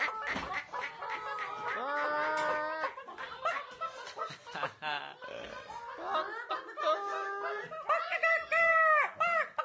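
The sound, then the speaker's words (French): Several voices imitate clucking chickens, with bursts of high, wavering bock-bock calls and squawks overlapping one another, interspersed with laughter throughout. “On fait les poules. Parce qu'à Camasdeo, il y a des poules.”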